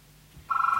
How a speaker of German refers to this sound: Das Telefon.